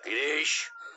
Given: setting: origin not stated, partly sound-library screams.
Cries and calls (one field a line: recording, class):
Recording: one-second piece from a danger detection set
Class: woman in danger